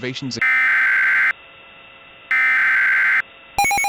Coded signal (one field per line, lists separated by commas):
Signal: Emergency Alert System (SAME) tones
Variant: header bursts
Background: speech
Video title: EAS Scenario: Parkland High